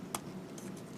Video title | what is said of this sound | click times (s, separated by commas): *GundamCustom* 1/144 HG Penelope - Part 5 | that goes right through here locks into place | 0.1 s